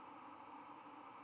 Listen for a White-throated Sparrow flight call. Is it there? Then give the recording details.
no. No flight call is heard. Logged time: 00:44 on 5 November 2014